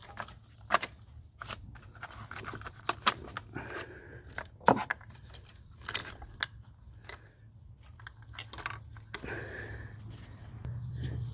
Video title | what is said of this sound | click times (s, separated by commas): 1999 Lexus LS400 4.0 liter starter motor replacement | when you push them on there push them do you hear them click | 3.1 s, 4.9 s, 6.4 s